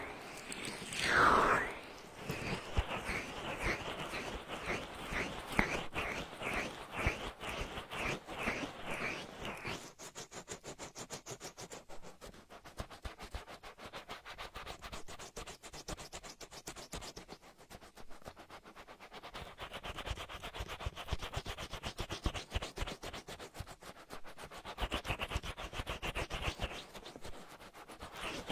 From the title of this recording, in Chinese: 暴力精油搓耳